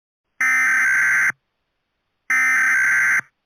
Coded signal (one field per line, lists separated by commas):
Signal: Emergency Alert System (SAME) tones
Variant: header bursts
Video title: NEW!!! EAS MOCK #2 /4/26/2023 Chicken nuggets anniversary part 1